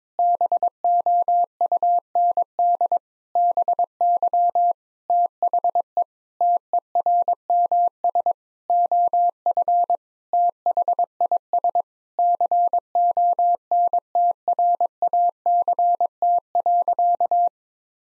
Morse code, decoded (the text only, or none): BOUND BY THE TERMS OF THIS CONTRACT.